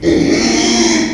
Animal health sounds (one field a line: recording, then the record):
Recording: squeal of a Yucatan mini pig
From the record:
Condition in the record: after surgery on the right vocal fold (resection and tissue-engineered implant)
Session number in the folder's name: 2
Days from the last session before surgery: 13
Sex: male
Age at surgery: 12 weeks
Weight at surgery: 13 kg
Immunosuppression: cyclosporine, prednisolone